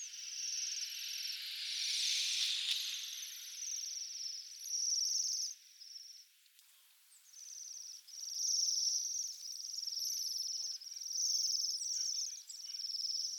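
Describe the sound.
Bohemian waxwing giving high, thin, buzzy trills in near-continuous bursts with short gaps, a brief louder rush of noise early on.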